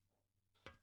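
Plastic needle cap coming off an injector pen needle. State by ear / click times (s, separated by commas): released / 0.7 s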